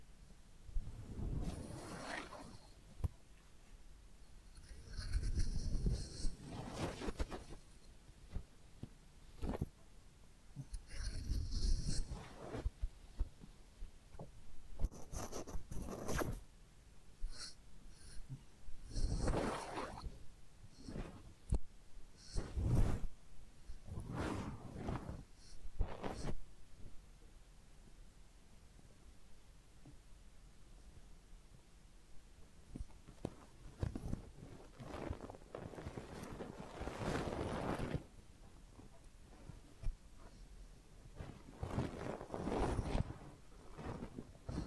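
A head massage with ear cleaning: soft rubbing and scratching come in bursts every few seconds, some with crisp high crackles and brushing. Between them are quiet pauses with a low hum, and the strokes stay irregular throughout.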